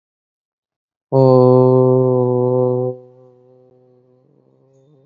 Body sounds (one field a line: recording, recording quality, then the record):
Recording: sustained vowel as in boot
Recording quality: excellent, no background noise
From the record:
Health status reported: COVID-19 positive, mild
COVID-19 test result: positive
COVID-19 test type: RT-PCR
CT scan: not taken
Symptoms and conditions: cold, breathing difficulty, sore throat, fever, fatigue, muscle pain, loss of smell and taste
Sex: male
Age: 33 years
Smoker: no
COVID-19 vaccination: both doses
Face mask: worn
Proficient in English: yes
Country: India